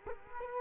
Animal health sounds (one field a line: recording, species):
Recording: mosquito wingbeat signal from an infrared sensor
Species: Culex quinquefasciatus